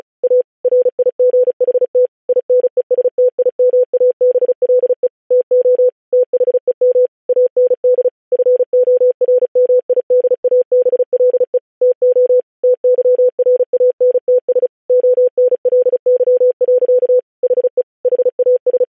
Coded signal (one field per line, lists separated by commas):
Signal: Morse code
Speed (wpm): 36 wpm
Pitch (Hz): 500 Hz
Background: none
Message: A RIGHT INESTIMABLE TO THEM AND FORMIDABLE TO TYRANTS ONLY. HE HAS